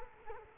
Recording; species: mosquito wingbeat signal from an infrared sensor; Culex quinquefasciatus